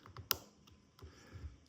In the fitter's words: back to where it locks in place